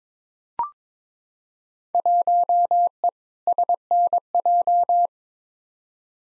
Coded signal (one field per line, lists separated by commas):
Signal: Morse code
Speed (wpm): 22 wpm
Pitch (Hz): 700 Hz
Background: none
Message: 1E SNJ